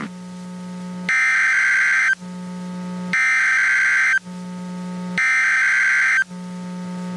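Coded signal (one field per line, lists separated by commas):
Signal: Emergency Alert System (SAME) tones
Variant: header bursts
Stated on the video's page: Two hurricane warnings recorded via stream from NOAA weather radio transmitter in Clearwater, Florida, 162.450 MHz, 1 kW.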